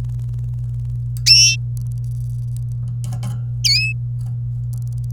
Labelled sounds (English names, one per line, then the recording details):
Domestic Canary song
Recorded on 26 April 2018 at 05:48
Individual llb3